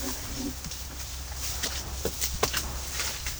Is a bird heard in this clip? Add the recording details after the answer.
no. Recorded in pastures near Puerto Asís, Putumayo, Colombia, on 21 March 2025 at 12:00. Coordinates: 0.497, -76.327. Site G072